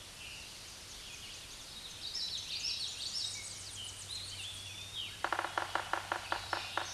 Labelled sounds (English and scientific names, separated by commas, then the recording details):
Common Yellowthroat (Geothlypis trichas) song
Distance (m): 40 m
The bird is about 15 m above the microphone
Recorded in a Pennsylvania forest on 16 May 2024 at 06:43
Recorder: AudioMoth, point MSD-2107
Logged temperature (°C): 16.1 °C
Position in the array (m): 15 m, 154 m